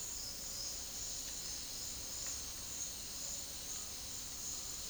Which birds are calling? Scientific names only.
none